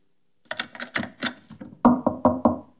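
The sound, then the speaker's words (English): Knocking on a locked door: a quick flurry of lighter raps, then four loud, heavy, evenly spaced bangs, with no voices. “Mom, the door's still locked. Please let me in.”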